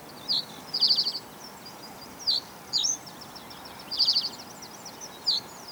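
Bird song: two rapid high trills of stuttering notes with several short sharp chirps between them, against a low, steady hiss.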